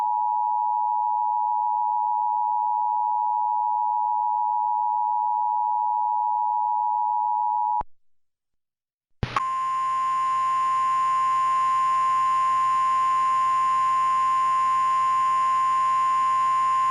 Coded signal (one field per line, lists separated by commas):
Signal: Emergency Alert System (SAME) tones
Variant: 853 and 960 Hz attention tone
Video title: EAS - Urban Flooding